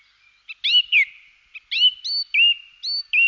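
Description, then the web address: Song thrush: varied fluty, whistled phrases with quick slurred notes, some motifs repeated, delivered in a lively, uneven rhythm. Contact call. "kontakt singdrossel"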